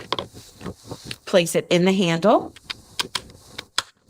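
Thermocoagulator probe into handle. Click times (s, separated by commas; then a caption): 3.8 s. Someone talks while the probe of a ThermoGlide thermocoagulator, with its silicone cap removed, is pushed into its handle, with several short, sharp handling clicks along the way. The loudest, sharpest click comes at 3.8 s as the probe seats in the handle.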